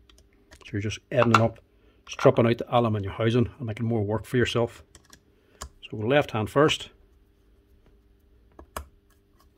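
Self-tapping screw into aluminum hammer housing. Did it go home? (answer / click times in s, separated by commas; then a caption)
yes / 8.8 s. A self-tapping screw in the aluminum gear housing of a Bosch GBH 5-38 D rotary hammer is turned anticlockwise by hand with a screwdriver so it finds its original cut thread instead of cutting a new one and stripping out the housing. Someone talks through most of the clip, with a few faint scrapes and ticks in the pauses. At 8.8 s a sharp click marks the screw dropping into the start of its original thread, and it is seated.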